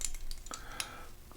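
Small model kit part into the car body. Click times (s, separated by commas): 0.8 s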